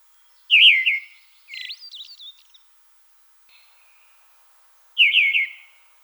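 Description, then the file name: Red-throated thrush song of looping whistled notes followed by scratchy twittering, then a brief faint note and a repeated looping whistle phrase after a pause. "Drozd krasnozobyj"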